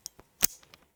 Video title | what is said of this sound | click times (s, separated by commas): How to install a Paracord Band on a Casio G Shock GW-6900 | you can hear that click in. Very very solid, very very well-made uh clasp. | 0.4 s